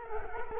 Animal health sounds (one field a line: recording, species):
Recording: mosquito wingbeat signal from an infrared sensor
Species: Culex quinquefasciatus